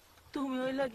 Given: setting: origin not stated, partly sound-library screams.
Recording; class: one-second piece from a danger detection set; normal situation